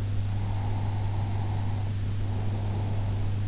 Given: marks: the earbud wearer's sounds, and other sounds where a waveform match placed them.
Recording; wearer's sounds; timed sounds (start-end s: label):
sounds in sleep by an in-ear microphone; breath
0.34-3.37 s: breath